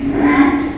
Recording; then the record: squeal of a Yucatan mini pig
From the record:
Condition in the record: after surgery on the right vocal fold (resection and tissue-engineered implant); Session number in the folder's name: 3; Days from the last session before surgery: 33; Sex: male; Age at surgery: 12 weeks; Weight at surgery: 13 kg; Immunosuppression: cyclosporine, prednisolone